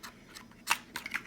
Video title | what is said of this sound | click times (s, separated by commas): 3DR Solo Unboxing / Mini Review / Flight Footage [Best Buy $299 Combo] | Tilt it in a bit, and then that should click right in. | 0.7 s